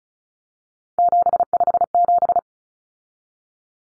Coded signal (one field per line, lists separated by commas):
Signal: Morse code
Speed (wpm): 34 wpm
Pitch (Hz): 700 Hz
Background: none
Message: 757